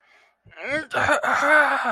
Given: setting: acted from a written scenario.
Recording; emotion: vocal sound without words; distress